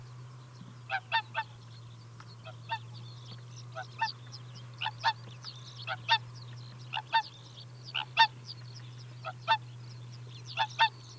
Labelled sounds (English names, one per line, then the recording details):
Whooper Swan call
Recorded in the wild
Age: adult
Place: Chudjirt, MN
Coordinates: 47.013, 102.255
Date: 1979-06-06
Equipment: Nagra III BH, Sennheiser MD 21, parabola
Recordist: Schubert, Michael